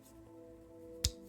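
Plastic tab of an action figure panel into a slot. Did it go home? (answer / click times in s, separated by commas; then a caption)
yes / 1.0 s. During an action figure's transformation, a plastic tab on a panel is lined up and pushed into its slot over a faint, steady tonal hum. It gives one sharp, bright snap at 1.1 seconds as the tab seats in place.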